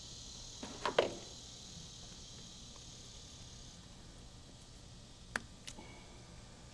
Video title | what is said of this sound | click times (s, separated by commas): Video 3, Connector Replacement Procedure Finish, Level III S | the orange one goes on the light side the green one goes on the wired side they simply snap in place | 1.0 s, 5.4 s